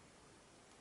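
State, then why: Not seated. A bobbin winder on a vintage Singer 101 sewing machine is lined up and pushed down one-handed. Only a steady, even broadband hiss is heard, with no distinct hits. Nothing has seated or clicked into place yet.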